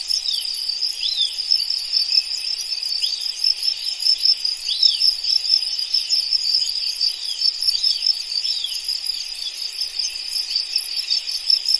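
Crickets chirping in a continuous high shimmering chorus, with scattered short descending chirps throughout.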